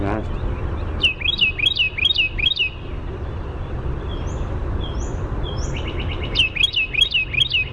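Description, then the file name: Carolina wren song in two bursts of rapidly repeated chiming phrases separated by a few seconds of quieter, high, piping notes from another bird. "CARW song"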